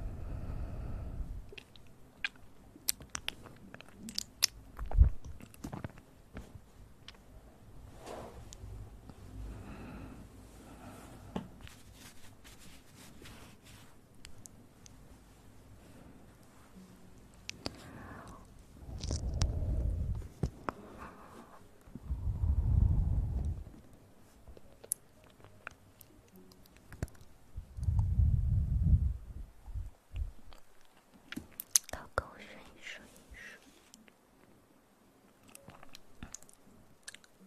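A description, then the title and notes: Ear eating sounds: wet clicks, smacks and chewing, with deeper muffled swells around 19, 23 and 28 seconds amid sparse crackles. Relaxing Ear Eating.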